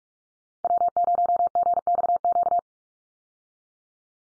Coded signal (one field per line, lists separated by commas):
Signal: Morse code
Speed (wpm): 44 wpm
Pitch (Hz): 700 Hz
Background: none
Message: W0GXQ